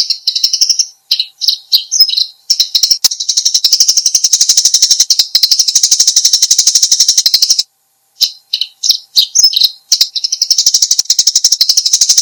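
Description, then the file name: Eurasian tree sparrow chattering with sharp, high chirps, mixed twittering notes at first, then long quick runs of repeated chirps, a pause, more twittering, and another run to the end. "suara burung gereja"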